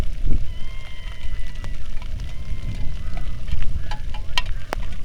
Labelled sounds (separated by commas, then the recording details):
waterfowl, loon, seabird, wind, rain
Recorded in the Arctic National Wildlife Refuge, Alaska, on 3 August 2019 at 09:35
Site 46